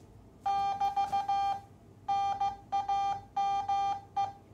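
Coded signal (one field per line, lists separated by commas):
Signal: Morse code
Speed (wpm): 15 wpm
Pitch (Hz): 800 Hz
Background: none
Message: <BT> NAME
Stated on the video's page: Morse sent from a vintage Heathkit SA-5010 Micromatic memory keyer.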